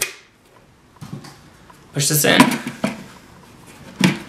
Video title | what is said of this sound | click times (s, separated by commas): Extensively learn about a Dyson: DC23 vs DC39 & Dyson maintenance & Dyson tool comparison | same thing but they made with thinner plastic probably to save on weight Flex a little bit you wait for the click | 0.0 s